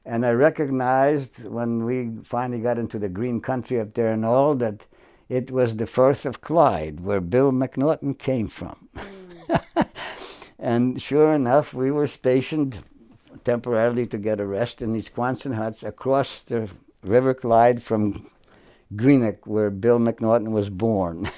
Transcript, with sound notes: And I recognized, when we finally got into the green country up there and all, that it was the Firth of Clyde, where Bill McNorton came from.
Hmm.
[Chuckles] And sure enough, we were stationed temporarily, to get a rest, in these Quonset huts across the River Clyde from Greenock, where Bill McNorton was born.